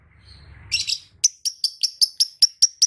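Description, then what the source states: Lovebird chirps: after a soft low background rumble, about eleven sharp, high chirps in quick succession. Konslet song style, used for training other birds.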